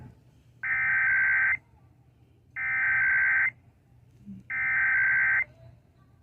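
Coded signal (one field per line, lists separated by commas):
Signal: Emergency Alert System (SAME) tones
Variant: header bursts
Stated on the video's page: Required weekly EAS tests, including one transmitted by a radio station.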